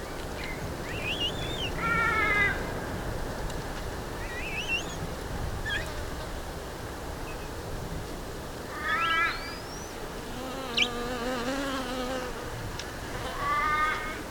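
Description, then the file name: Black-breasted buzzard giving whistled calls, short rising and wavering notes in separate bursts, over a steady rushing background hiss. "Hamirostra Melanosternon"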